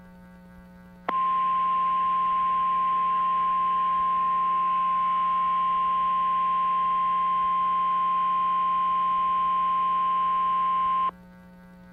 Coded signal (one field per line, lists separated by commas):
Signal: Emergency Alert System (SAME) tones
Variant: 1050 Hz attention tone